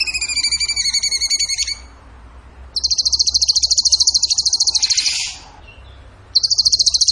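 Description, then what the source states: Bird song: clear layered whistles, a brief pause, then an extended fast high trill fading into a buzzy note, followed by a fresh trill. Training song (masteran) in the tembakan gacor style.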